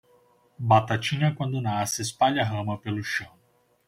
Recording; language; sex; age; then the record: short text; Brazilian Portuguese; male; 30 to 39 years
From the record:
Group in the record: control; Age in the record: 31 years